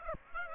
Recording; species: mosquito wingbeat signal from an infrared sensor; Aedes aegypti